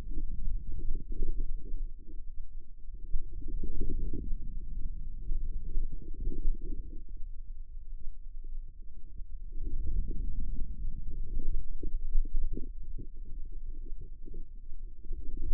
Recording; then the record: forearm muscle sounds (acoustic myography)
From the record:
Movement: ulnar deviation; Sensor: system 2, bracelet of six BSWA MPA416 microphones around the upper forearm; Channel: 5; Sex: female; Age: 25 years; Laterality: right